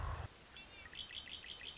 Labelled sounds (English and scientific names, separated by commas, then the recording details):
Red-winged Blackbird (Agelaius phoeniceus)
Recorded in Sonoma County, California